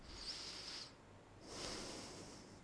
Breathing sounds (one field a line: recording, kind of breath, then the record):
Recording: one breath in and out by a microphone near the nose and mouth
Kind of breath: deep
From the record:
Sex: male